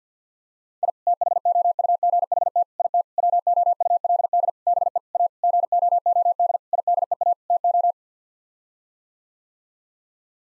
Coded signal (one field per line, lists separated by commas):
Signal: Morse code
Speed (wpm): 50 wpm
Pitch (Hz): 700 Hz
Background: none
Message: I THOUGHT IT WOULD BE A GOOD IDEA TO